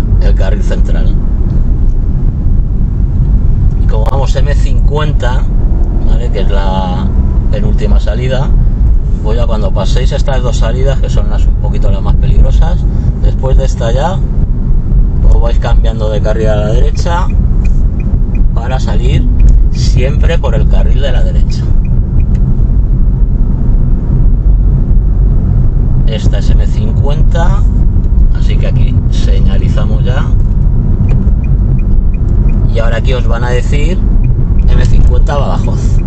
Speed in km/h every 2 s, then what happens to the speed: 27, 25, 29, 33, 35, 34, 32, 32, 33, 35, 36, 37, 38, 38, 39, 40, 40, 42.
3-36 speeds up to 42.